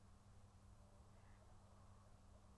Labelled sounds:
Mallard (Anas platyrhynchos)
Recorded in Germany
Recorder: ecoPi

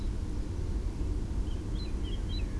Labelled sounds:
Eurasian Blackcap (Sylvia atricapilla)
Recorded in Germany
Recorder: ecoPi

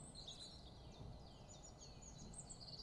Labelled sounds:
Common Chiffchaff (Phylloscopus collybita)
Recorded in Germany
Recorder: ecoPi

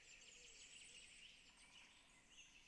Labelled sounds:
Great Spotted Woodpecker (Dendrocopos major)
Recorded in Germany
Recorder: ecoPi

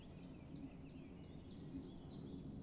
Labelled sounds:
Common Chiffchaff (Phylloscopus collybita)
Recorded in Germany
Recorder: ecoPi

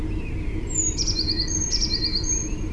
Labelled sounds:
Eurasian Blue Tit (Cyanistes caeruleus)
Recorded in Germany
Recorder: ecoPi

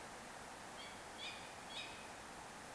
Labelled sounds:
Tawny Owl (Strix aluco)
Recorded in Germany
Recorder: ecoPi

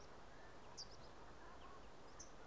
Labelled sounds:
Common Chaffinch (Fringilla coelebs)
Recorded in Germany
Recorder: ecoPi

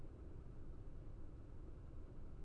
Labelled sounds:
none
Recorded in Germany
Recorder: ecoPi

